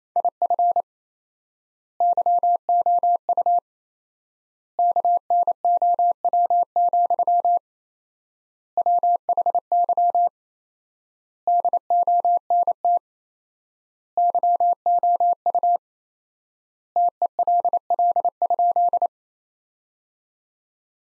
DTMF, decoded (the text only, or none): none